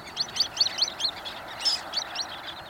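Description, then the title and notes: Sanderling calls: crisp, high 'kip' notes in a quick series, a brief pause, then more notes, over a soft steady background hiss. Small flocks on winter shorelines, probing at the water's edge and running with each wave's ebb and flow; birds staying through the winter. "Rachel Carson, in Under the Sea Wind , described Sanderlings"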